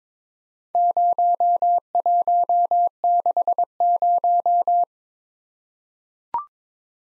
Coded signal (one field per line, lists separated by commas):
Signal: Morse code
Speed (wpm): 22 wpm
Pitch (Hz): 700 Hz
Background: none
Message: 0160